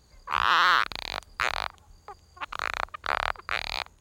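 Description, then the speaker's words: Spadefoot toad giving loud, harsh, wavering calls, several bursts with short gaps between them. Desert of southern Arizona during the summer monsoon, when spadefoot toads emerge and gather at temporary rain pools to mate. "That's the sound of a spadefoot toad in the desert whose livelihood depends on the monsoon."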